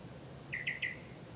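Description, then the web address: Bird calls: three quick chirps in rapid succession, lasting about half a second, over low background rumble. "misc bird"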